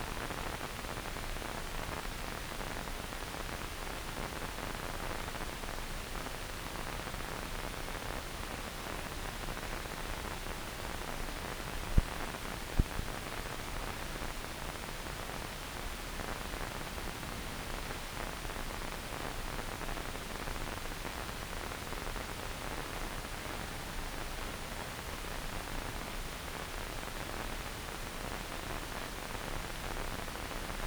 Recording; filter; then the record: brain microelectrode recording played as sound; wide band, above 20 Hz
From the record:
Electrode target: subthalamic nucleus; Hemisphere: left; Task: reaching with the right hand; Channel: 1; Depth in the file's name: 0.251 mm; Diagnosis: Parkinson's disease